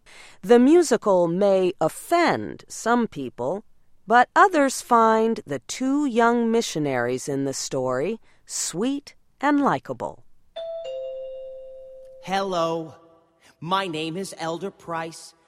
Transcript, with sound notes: The musical may offend some people, but others find the two young missionaries in the story sweet and likeable. [Doorbell]
‘Hello. My Name is Elder Price.